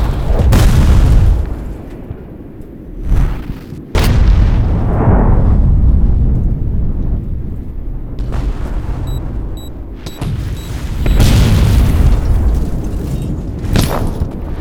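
Heavy explosions with deep rumbling booms hit near 0.5, 4, 10 and 14 seconds, separated by rolling low debris noise and faint high beeps.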